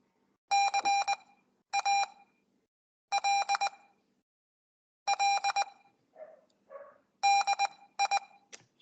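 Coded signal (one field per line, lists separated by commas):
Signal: Morse code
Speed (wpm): 20 wpm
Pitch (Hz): 800 Hz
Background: none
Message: CALL DI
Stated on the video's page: Weekly Morse code practice session held over Skype.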